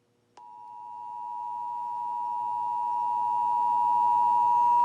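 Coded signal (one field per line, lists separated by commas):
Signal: Emergency Alert System (SAME) tones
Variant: 853 and 960 Hz attention tone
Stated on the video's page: Required monthly test received on HD radios, a Sangean HDR 14 and a Sparc SHD-TX2, with the radios displaying "TEST ALERT".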